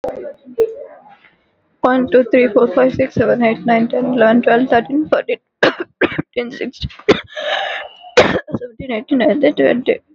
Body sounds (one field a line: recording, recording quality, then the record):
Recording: counting at a fast pace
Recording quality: excellent, no background noise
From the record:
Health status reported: recovered from COVID-19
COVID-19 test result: negative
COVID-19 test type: RT-PCR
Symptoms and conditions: cough, cold, sore throat, fever, fatigue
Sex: female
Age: 31 years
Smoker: no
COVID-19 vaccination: both doses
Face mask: worn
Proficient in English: yes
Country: India